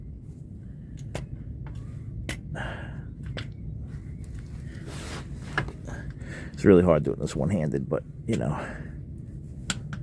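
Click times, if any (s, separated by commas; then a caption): 9.7 s. A click-type torque wrench tightens a plug on the oil system of a 2006 Mercedes E500 4-Matic with 112k miles, either the oil drain plug or the filter housing. Someone talks while several short, faint ticks sound earlier in the clip. At 9.7 s the wrench breaks over with a sharp click, confirming it has reached its torque setting.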